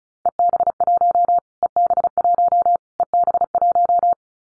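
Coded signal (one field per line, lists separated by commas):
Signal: Morse code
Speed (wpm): 34 wpm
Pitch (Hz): 700 Hz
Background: none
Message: EB1 EB1 EB1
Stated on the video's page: Morse code drill at 35 wpm of callsign prefixes for the top 25 DXCC entities, each prefix sent three times, then spoken, then sent again, for head-copy practice.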